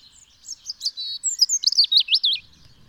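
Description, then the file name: European robin song phrase of high, sweet, warbling notes that rise and fall quickly over about two seconds, with faint low rumble near the end. "Erithacus rubecula"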